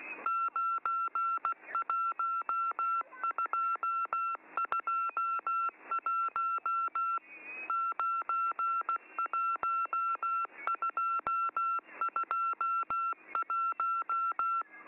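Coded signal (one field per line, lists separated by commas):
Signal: Morse code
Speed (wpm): 16 wpm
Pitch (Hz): 1350 Hz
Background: none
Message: 91221 91221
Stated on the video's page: M14 number station, MCW on 5947 kHz, training schedule.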